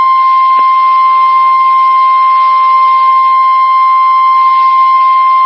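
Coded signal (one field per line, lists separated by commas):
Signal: Emergency Alert System (SAME) tones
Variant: 1050 Hz attention tone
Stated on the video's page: NOAA Weather Radio EAS alerts for a Wisconsin severe storm outbreak, from stations in Minneapolis, Milwaukee and Ladysmith.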